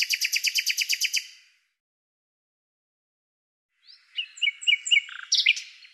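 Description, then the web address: Bird song: the tail of a rapid high trill, a pause of over two seconds, then a varied run of chirps and slurred notes. "Deverinetal 2025"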